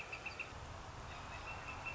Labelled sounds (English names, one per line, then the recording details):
Northern Flicker
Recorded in Sonoma County, California